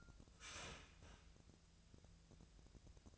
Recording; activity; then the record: daily activity, microphone in the room; start toaster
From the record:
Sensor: 2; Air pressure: 1000.0 hPa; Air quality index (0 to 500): 152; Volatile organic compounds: 2 ppm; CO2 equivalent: 1284 ppm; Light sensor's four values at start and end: 24/59/25/27 and 23/59/25/27